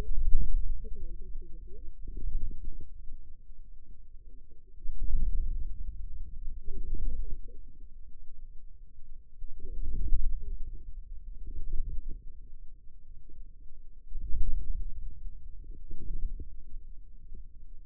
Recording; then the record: forearm muscle sounds (acoustic myography)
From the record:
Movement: inward rotation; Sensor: system 2, bracelet of six BSWA MPA416 microphones around the upper forearm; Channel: 2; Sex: female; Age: 21 years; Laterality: right